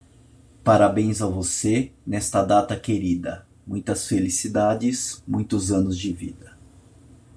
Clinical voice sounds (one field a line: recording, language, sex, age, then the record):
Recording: short text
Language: Brazilian Portuguese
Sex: male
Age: 50 to 59 years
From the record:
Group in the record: control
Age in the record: 50 years